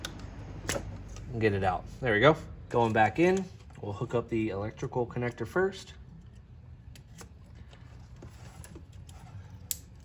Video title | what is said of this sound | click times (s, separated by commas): Fixing VWs rough idle for 25 bucks! | just like that you hear the click | 9.7 s